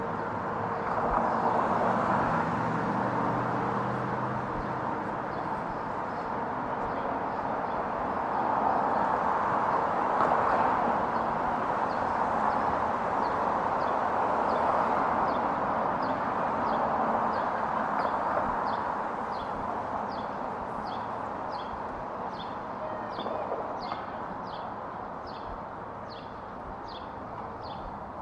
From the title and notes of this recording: Counterclockwise around the White House. A stereo field recording from June 4, 2017 in Washington D.C. Sitting in Lafayette Square, near the North Lawn of White House.